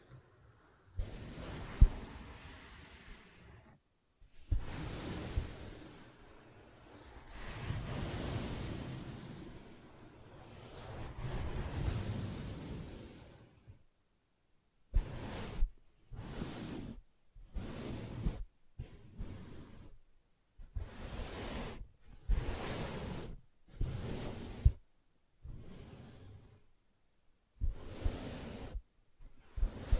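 Soft fabric is scratched and rubbed in long, hissing strokes for the first half, each swell lasting a few seconds. After that, short taps and brushes come in quick separate bursts, about one per second, with silence between them.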